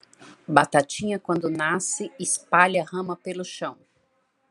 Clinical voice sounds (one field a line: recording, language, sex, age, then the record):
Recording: short text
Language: Brazilian Portuguese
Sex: female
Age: 50 to 59 years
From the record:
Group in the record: control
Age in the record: 57 years